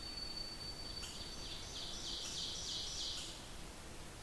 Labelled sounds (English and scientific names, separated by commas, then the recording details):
Ovenbird (Seiurus aurocapilla) song
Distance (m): 75 m
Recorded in boreal forest in Alberta, Canada, on 8 June 2016 at 08:27
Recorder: SongMeter 3, array SBT-3-9
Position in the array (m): 179 m, 155 m
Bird 35